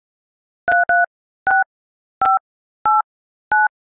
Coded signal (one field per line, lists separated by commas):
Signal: DTMF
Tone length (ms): 180 ms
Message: 336589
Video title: Android keypad song || ASMR SOUNDS